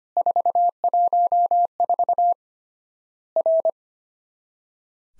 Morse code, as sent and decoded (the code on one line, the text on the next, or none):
....- .---- ....- / .-.
414 R